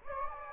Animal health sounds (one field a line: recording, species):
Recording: mosquito wingbeat signal from an infrared sensor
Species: Anopheles gambiae